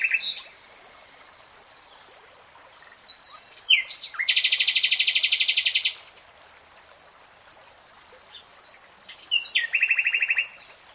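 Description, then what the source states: Nightingale song: a brief whistle, a pause, then clicks leading into a loud, steady, fast trill, and later another rapid trill phrase. Singing in real time.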